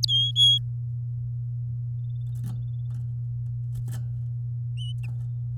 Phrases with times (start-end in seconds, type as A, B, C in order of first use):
0.08-0.59 A